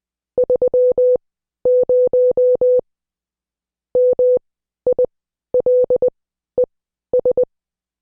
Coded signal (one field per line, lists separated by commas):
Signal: Morse code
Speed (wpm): 20 wpm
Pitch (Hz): 500 Hz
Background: none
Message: 30 MILES